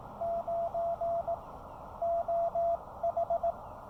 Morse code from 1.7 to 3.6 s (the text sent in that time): OH